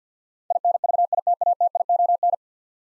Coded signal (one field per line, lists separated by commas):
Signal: Morse code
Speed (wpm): 48 wpm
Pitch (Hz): 700 Hz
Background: none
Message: INVITATION